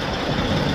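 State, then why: Not seated. A tractor backs under a trailer, bringing the trailer kingpin toward the steel fifth-wheel jaws, over steady truck engine noise. The jaws have not closed on the kingpin, and nothing has seated or clicked yet.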